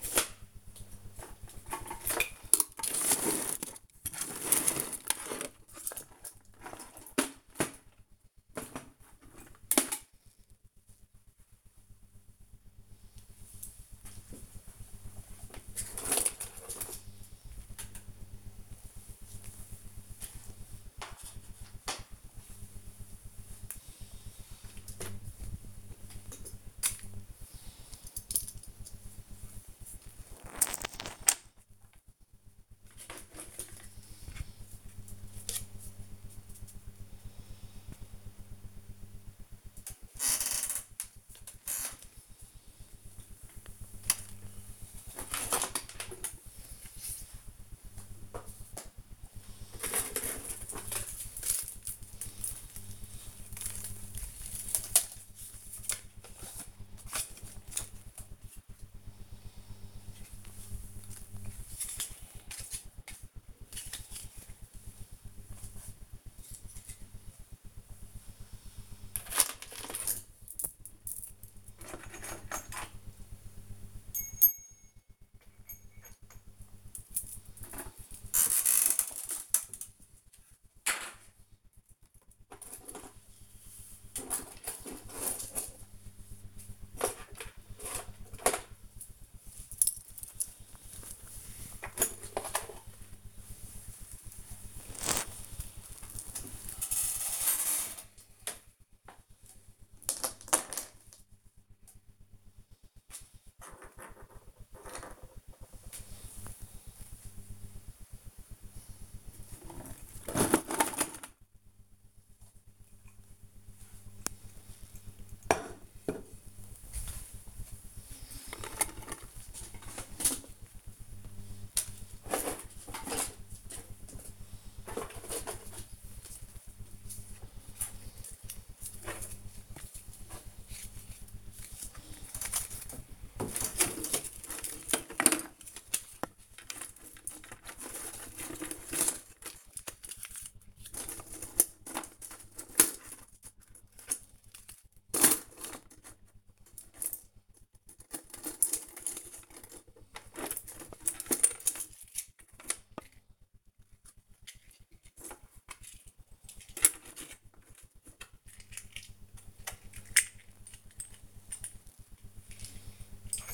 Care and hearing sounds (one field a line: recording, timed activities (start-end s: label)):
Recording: household activities, microphone on the right wrist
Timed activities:
81.63-163.54 s: sorting documents